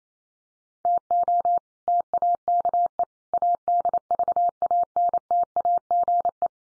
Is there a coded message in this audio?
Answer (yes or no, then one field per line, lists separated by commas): yes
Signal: Morse code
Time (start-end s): 0.9-6.5 s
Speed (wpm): 28 wpm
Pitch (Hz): 700 Hz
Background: none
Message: TO TAKE ADVANTAGE